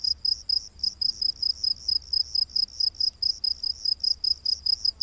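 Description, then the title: Cricket chirps, clear high pulsed notes repeating about two to three times per second in a regular beat, little else audible. Rainforest at night. "Crickets of the Rainforest"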